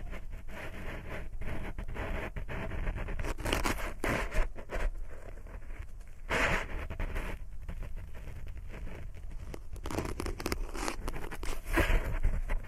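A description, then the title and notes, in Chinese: Ear cleaning with no voice: continuous scratching, crinkling and rubbing noises with frequent short bursts and brief louder scrapes, especially around 4, 6.5 and 12 seconds. The sound stays dense and irregular. 掏耳无人声助眠。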